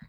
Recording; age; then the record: pig call; piglet (1 to 25 days)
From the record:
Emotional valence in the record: positive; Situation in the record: short reunion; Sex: male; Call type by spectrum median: low-frequency call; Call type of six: low-frequency tonal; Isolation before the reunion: 3 minutes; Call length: 0.09 s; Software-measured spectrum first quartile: 162 Hz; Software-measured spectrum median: 288 Hz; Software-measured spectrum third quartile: 1868 Hz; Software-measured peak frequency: 167 Hz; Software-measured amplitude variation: 198 dB a second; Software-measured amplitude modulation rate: 16.5 a second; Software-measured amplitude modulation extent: 12.0 dB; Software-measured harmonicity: 6.0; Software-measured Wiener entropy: -2.17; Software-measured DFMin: 576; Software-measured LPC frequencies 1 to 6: 1910, 3948, 4920, 6702, 7506, 8283 Hz